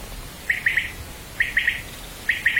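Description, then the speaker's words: Common quail calling: a three-note phrase repeated three times, roughly every second, with little else heard. Listener's recording from the Groningse Ruiten A; the call is described as seeming to come from a synthesizer. "In de Groningse Ruiten A hoort Huib de kwartel."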